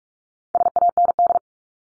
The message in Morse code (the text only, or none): SAND